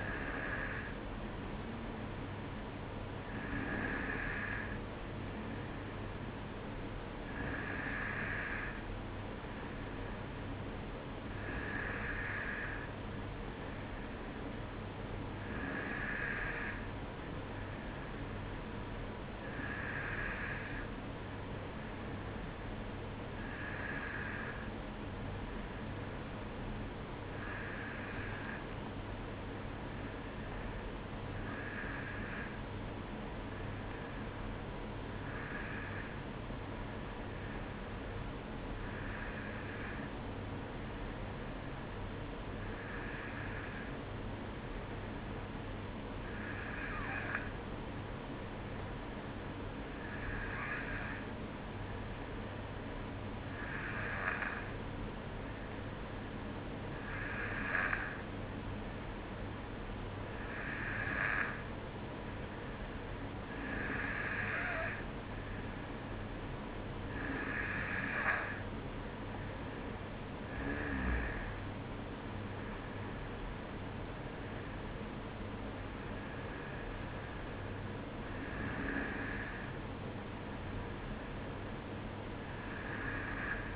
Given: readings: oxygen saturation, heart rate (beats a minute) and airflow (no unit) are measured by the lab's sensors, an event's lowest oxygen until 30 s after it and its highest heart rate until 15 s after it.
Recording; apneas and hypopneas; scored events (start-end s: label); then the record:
breathing in sleep by a voice recorder at the bedside; none
16.00-76.00 s: new sleep stage, N2 (light sleep)
76.00-83.76 s: new sleep stage, N1 (lightest sleep)
From the record:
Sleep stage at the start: N1 (lightest sleep); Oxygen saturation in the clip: 93 to 94%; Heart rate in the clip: 52 to 55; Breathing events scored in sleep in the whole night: 305 in 9.6 hours asleep